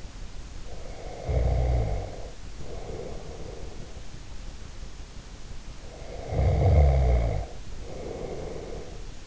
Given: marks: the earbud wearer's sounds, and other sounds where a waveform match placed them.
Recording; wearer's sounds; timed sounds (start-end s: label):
sounds in sleep by an in-ear microphone; snoring breath
0.56-4.05 s: snoring breath
5.81-9.26 s: snoring breath